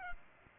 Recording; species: mosquito wingbeat signal from an infrared sensor; Culex pipiens